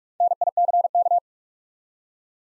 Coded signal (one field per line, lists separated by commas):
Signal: Morse code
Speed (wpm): 47 wpm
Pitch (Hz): 700 Hz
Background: none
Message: NICK